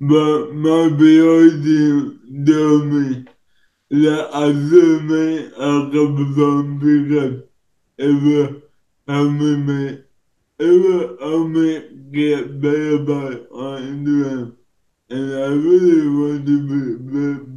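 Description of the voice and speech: Slow, effortful speech from an adult man with a disability, with distorted or dropped consonants and drawn-out vowels, typical of dysarthria.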